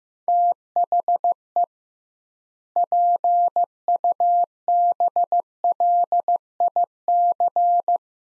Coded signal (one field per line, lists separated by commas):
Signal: Morse code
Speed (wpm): 15 wpm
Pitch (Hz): 700 Hz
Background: none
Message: THE PUBLIC